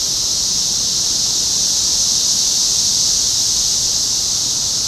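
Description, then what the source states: Cicadas in a dense chorus, a steady, unbroken high hiss-like buzz holding level throughout with no pauses. Several cicadas recorded in Topeka, Kansas, United States, on 14 June 2015.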